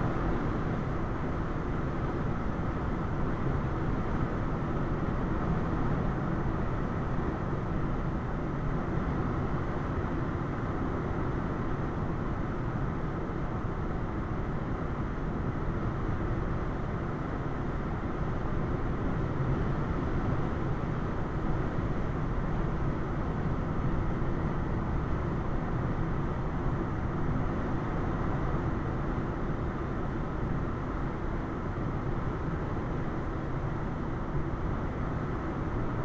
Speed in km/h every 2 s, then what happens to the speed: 95, 95, 95, 95, 95, 95, 95, 95, 95, 95, 95, 95, 95, 95, 95, 95, 97, 95.
0-36 steady at about 95.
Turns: none.